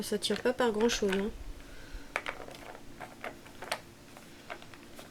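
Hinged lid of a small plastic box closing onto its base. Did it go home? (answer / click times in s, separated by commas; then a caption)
no / none. Someone talks, then presses the hinged lid of a small plastic storage box down onto its base, producing a few short plastic taps and knocks. The lid has not snapped shut or clicked into place; it closed with a click earlier, and the box is suspected to be defective.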